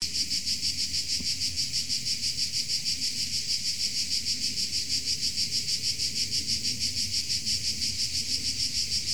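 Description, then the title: Shrill insect chorus, a continuous high buzz swelling in even pulses around three per second, with a faint low rumble beneath. Insects in Tuscany. "Under Tuscan Bugs"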